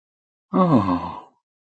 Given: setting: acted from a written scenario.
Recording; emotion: vocal sound without words; interest